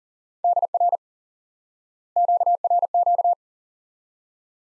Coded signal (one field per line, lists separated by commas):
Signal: Morse code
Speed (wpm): 40 wpm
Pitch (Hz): 700 Hz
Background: none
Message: DR QRQ